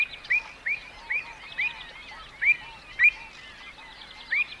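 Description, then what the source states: Avocet calls: short, clear, upslurred notes repeated irregularly, with fainter calls in the background. Described as a wading bird.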